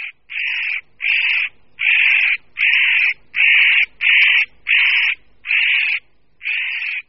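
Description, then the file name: Spotted nutcracker calling with loud, hoarse, rasping notes repeated about every three-quarters of a second in an even series. "Ořešník-kropenatý"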